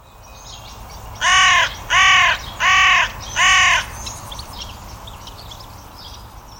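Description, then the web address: Bird giving four harsh, cawing calls in quick succession, evenly spaced, over a faint background hiss. "cianscape. Deverinetal. Bird Only"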